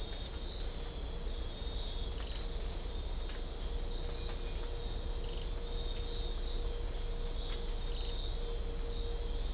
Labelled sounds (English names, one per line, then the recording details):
none
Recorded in dense forest near Puerto Asís, Putumayo, Colombia, on 22 December 2024 at 04:00
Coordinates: 0.500, -76.322
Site G053